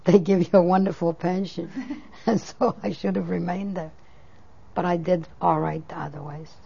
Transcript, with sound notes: They give you a wonderful pension. (They laugh.) I should have remained there. But I did all right otherwise.